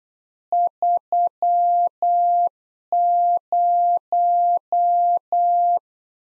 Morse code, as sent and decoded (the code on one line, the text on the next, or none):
...-- -----
30